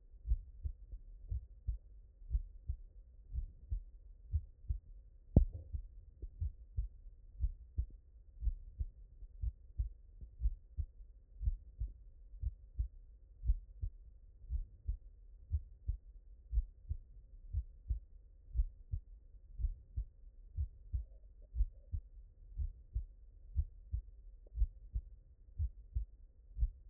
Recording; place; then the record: heart sounds by stethoscope; mitral valve (MV)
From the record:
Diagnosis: non-HFrEF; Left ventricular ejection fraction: 66%